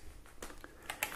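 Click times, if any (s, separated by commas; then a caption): 1.0 s. After the motorized head is popped off a Dyson V6 Animal cordless vacuum, a crevice tool is slid onto the vacuum wand to clean a crevice on the wall. A few light plastic knocks and scrapes near 0.4, 0.6 and 0.9 s lead to the loudest sharp click of the plastic latch at 1.0 s. The crevice tool is seated and ready to use.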